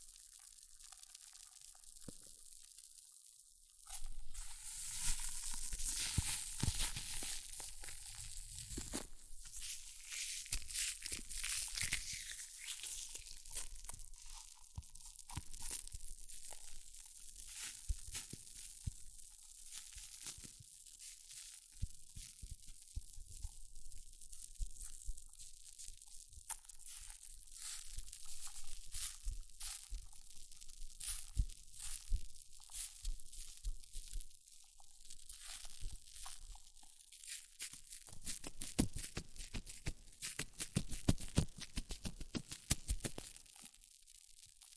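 Hair mousse fizzes and crackles in dense, bright bursts after a quiet start, with a sustained hiss around five to twelve seconds and sharper crinkles later.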